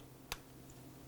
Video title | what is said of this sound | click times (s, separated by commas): $4,000 Ultimate Computer Build - Part 3 - Build Video | these just bend out a bit and the pins snap right in | 0.3 s